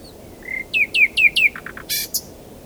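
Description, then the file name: Common nightingale song phrase: one whistled note, four quick descending slurs, three lower pulses, then harsh buzzy bursts. "Luscinia megarhynchos"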